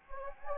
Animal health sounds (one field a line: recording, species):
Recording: mosquito wingbeat signal from an infrared sensor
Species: Anopheles gambiae